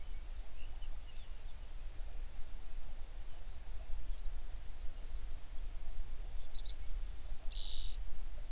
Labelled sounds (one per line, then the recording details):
songbird
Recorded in the Prudhoe Bay oil fields, Alaska, on 11 June 2019 at 05:10
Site 21